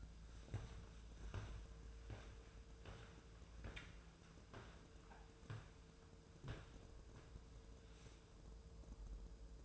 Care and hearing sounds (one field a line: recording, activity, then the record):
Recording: daily activity, microphone in the room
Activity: walk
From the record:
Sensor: 2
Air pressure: 1005.2 hPa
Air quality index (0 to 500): 100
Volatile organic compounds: 2 ppm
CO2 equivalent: 1211 ppm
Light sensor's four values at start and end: 7/16/7/7 and 8/20/8/8